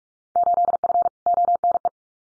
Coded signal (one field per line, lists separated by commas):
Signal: Morse code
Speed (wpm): 44 wpm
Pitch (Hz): 700 Hz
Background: none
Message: 8F ONE